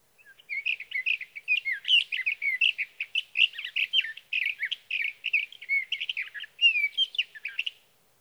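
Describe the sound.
Sage thrasher song, a long rapid stream of varied whistled and warbled phrases running almost eight seconds without pause.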